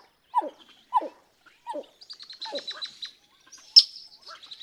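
Pied-billed grebe song: four hollow, falling notes, followed by busy high-pitched chattering and twittering.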